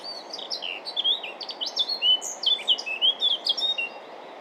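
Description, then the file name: Eurasian blackcap song, a rapid flowing warble of varied whistled and chattering notes, continuous and jumbled, over a steady low background hiss. "Sylvia atricapilla"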